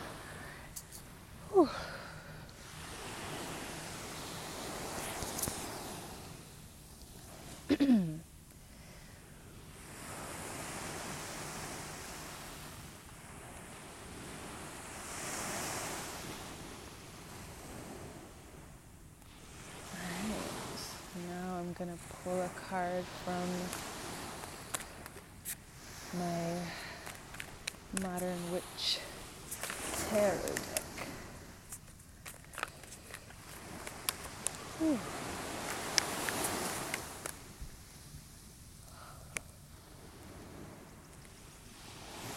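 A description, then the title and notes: Waves wash in and out at the beach in repeated surges, with brief voices around 21 and 27 seconds and occasional sharp knocks. An absolutely magical morning at the beach.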